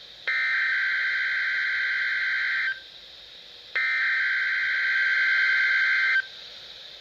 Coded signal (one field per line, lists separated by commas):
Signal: Emergency Alert System (SAME) tones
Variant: header bursts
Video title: EAS #810-814 - WXL39, KIH28, WXM60, KZZ31, and WNG704 Required Weekly Tests 8-6-2014